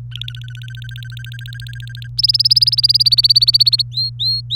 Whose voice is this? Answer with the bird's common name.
Domestic Canary